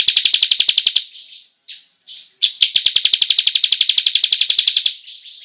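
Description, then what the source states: Bar-winged prinia song: a fast rolling trill, a pause with a few brief notes, then a longer run of quick, regular pulses. Long rolling song style, called ngerol panjang.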